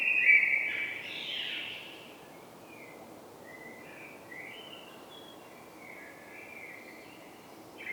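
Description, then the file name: Common blackbird song: a loud fluted phrase with a rough high ending, then a string of softer, quieter warbled notes trailing off. "Turdus merula"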